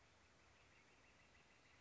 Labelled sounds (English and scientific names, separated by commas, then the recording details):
Northern Flicker (Colaptes auratus)
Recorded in Sonoma County, California